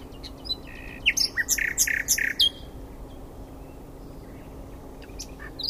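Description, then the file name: Common nightingale singing a varied phrase of loud, sharp repeated notes and short whistles lasting about two seconds, followed by quiet pauses and faint chirps. "Luscinia megarhynchos"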